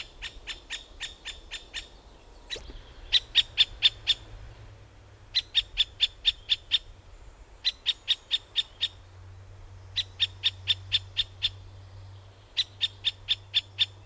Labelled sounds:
Middle Spotted Woodpecker
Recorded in the wild
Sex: diverse
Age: diverse
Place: Detmold, OT Hiddesen, Teutoburger Wald, Nordrhein-Westfalen, DE
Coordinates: 51.9272, 8.80583
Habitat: pond
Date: 1969-06-17
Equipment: Uher 4000 Report-S, Bändchenmikro Beyer M 260, Parabolspiegel Polyester (470 mm)
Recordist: Conrads, Klaus
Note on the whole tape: NSG Donoper Teich bei Detmold. Jungtiere: betteln; Alttiere: warnen

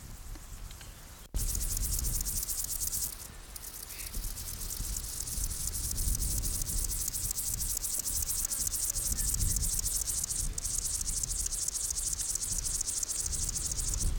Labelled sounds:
Upland Field Grasshopper stridulation
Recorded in the wild
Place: Blankenfelde, Berlin, DE
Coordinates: 52.625, 13.404
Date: 1992-06-28
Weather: sonnig, 22-26°C, Wind
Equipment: Marantz CP 430, Sennheiser ME 80, Kopie Tesla B 116
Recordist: Tembrock, Günter
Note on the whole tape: Botanische Anlage; Stridulation

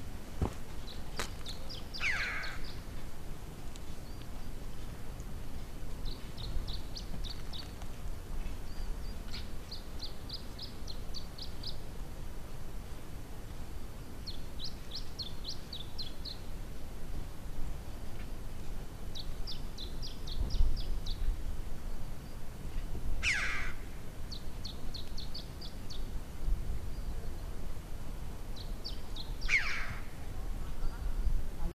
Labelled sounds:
Red-billed Chough call
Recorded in the wild
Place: Volcano de San Juan, La Palma, Canary Islands, ES
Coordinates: 28.6011, -17.8611
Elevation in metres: 635
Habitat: mountains
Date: 2013-04-02 13:14
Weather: 20°C, cloudy, weak winds
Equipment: Zoom H2
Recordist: Frommolt, Karl-Heinz
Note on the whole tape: Rufe von zwei Alpenkrähen am Lavafeld

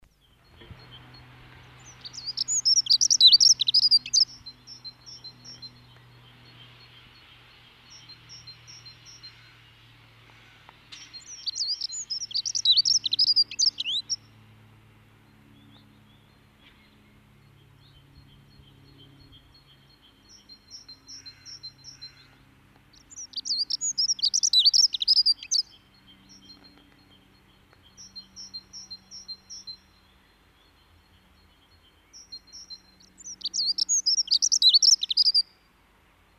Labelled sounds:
Dunnock song
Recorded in the wild
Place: Garmisch-Partenkirchen, Bayern, DE
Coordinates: 47.4931, 11.0636
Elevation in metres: 780
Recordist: Tretzel, Erwin

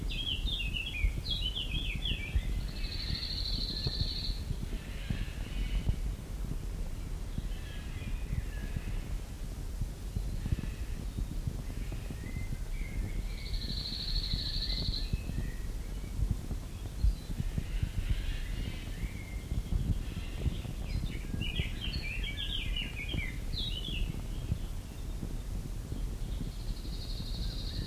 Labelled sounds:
Cirl Bunting
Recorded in the wild
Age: adult
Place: Görz, IT
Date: 1968-06-02
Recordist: Brunner, Thomas

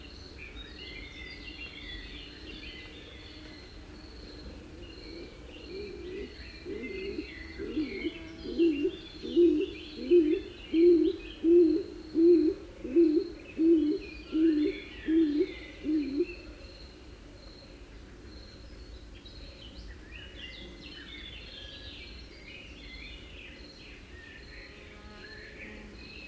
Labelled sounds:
Stock Dove call
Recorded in the wild
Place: Ciucurova, Dobrogea, RO
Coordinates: 44.933, 28.483
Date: 1976-05-30 07:10
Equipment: Nagra III BH, Sennheiser MD 21, parabola
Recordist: Schubert, Michael

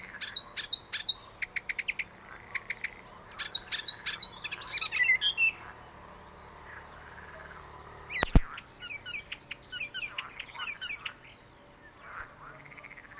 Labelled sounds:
Icterine Warbler song
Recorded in the wild
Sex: male
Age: adult
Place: Baiersdorf, Bayern, DE
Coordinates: 49.6578, 11.0319
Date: 1962-06-17
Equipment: Stellavox SM 5, Vorverstärker, Original, Vollspur
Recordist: Tretzel, Erwin

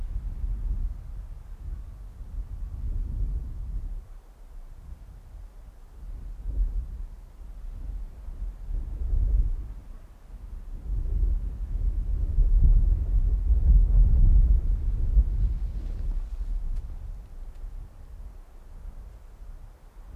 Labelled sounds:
Arctic Fox
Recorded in the wild
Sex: male
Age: adult
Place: Insel Mednyi, Kommandeur-Inseln, RU
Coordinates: 54.5167, 168.083
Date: 1999-07-12 18:49
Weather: bedeckt, 10°C, schwacher Westwind
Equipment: Sony WM-D6C, Sennheiser MKH 40, Windkorb, Kopie Sony TCD-D8
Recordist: Frommolt, Karl-Heinz
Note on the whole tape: Südosten der Insel, oberer Rand des Geröllfeldes: sechs Bellstrophen eines unmarkierten Polarfuchsrüden. Entfernung 10 - 50 m, z.T. starke Windgeräusche

